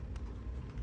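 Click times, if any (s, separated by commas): none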